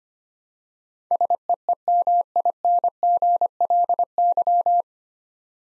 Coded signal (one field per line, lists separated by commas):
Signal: Morse code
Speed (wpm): 25 wpm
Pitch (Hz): 700 Hz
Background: none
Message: SEEMINGLY